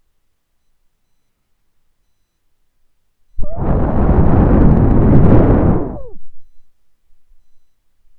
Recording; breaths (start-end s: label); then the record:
nose breathing near a microphone
0.93-3.57 s: inhalation
3.57-6.31 s: exhalation
From the record:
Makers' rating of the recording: medium